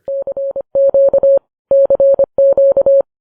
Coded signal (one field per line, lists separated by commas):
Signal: Morse code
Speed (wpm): 25 wpm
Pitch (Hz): 550 Hz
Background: none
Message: K Q CQ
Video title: The Vise Closes: the Eastern Front, episode 91